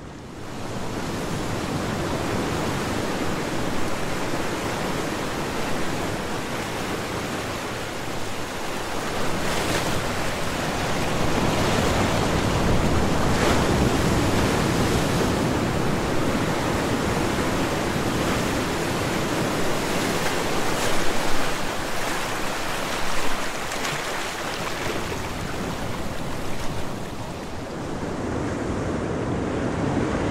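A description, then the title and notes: Ocean waves roar in a dense, continuous wash of surf, swelling slightly with louder bursts around twenty seconds before settling back. Ocean Waves for Deep Sleep or Meditation.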